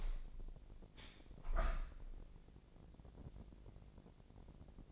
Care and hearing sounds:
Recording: daily activity, microphone in the room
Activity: open window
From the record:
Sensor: 5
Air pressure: 1012.4 hPa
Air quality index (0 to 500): 160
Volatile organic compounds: 2 ppm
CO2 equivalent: 1088 ppm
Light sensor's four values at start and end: 67/162/66/70 and 67/162/66/70

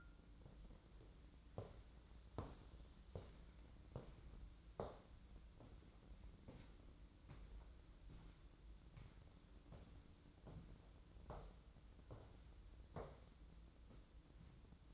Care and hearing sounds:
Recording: daily activity, microphone in the room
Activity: walk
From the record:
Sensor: 3

